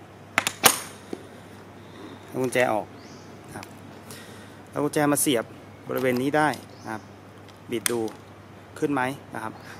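The plastic cover over the battery breaker on a Sur-Ron electric motorbike snaps shut at 0.4 s with a loud, sharp hit, after the battery breaker has been switched on. A couple of smaller knocks follow. Someone then talks over a low steady hum, and the cover is closed.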